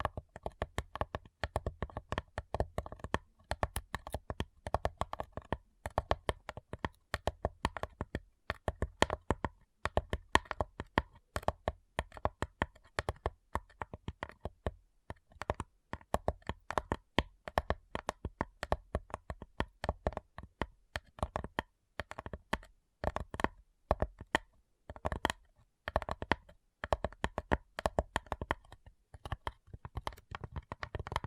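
Fast, dense tapping runs throughout as sharp clicky strikes in quick irregular bursts, with brief pauses around fifteen seconds and near the end.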